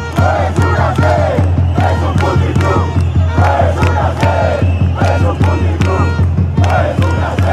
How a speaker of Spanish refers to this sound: Le gritaron de todo al presidente del gobierno Pedro Sánchez y al Partido Socialista.